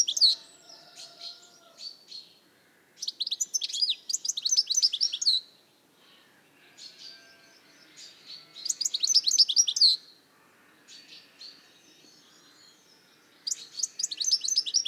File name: Carduelis carduelis